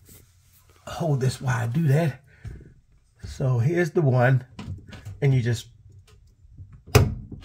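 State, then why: Released. Someone talks, then pulls out the push/pull shut-off valve handle on the cold-water laundry supply line to stop the water. It clicks into the pulled-out, off position with a sharp click at 6.9 s.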